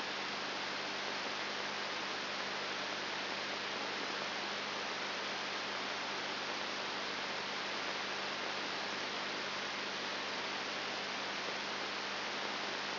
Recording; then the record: brain microelectrode recording played as sound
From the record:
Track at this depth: outside the subthalamic nucleus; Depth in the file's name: 6.3 mm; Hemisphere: left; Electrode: 3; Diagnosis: Parkinson's disease